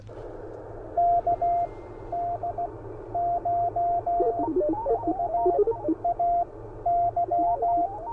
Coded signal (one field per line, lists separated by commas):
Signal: Morse code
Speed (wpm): 18 wpm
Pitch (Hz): 690 Hz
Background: radio noise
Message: KD9VAY